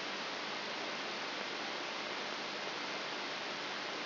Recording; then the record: brain microelectrode recording played as sound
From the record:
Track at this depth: inside the subthalamic nucleus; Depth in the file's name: 1.705 mm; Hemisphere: left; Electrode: 3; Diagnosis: Parkinson's disease